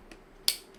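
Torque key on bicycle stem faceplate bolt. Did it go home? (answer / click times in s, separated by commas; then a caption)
yes / 0.5 s. The bottom-right bolt on a bicycle stem faceplate is tightened with a torque key in a star pattern. A faint tick at 0.1 s comes before one loud, sharp click at 0.5 s as the key reaches torque. No one talks.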